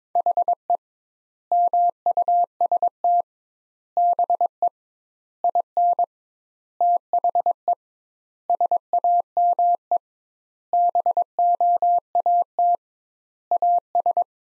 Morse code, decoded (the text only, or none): HE MUST BE IN THE SAME BOAT AS